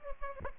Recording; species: mosquito wingbeat signal from an infrared sensor; Culex pipiens